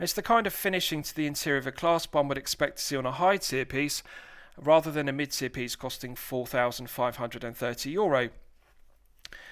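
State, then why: Seated. Someone talks for most of the clip, then the stainless steel flip-lock deployant clasp on a Breitling Navitimer 8 B01 Chronograph 43 watch bracelet is closed, probably on the wrist. After the talk, a few small sharp ticks lead into a crisp click at 9.2 s as the clasp snaps shut into its locked position.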